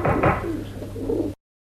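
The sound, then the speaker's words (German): A white dove, being fed by a man, coos in low, throaty, warbling tones, one soft rolling call lasting just over a second with no voices, then silence. “Er steht auf den Kanistern und füttert gerade eine weiße Taube.”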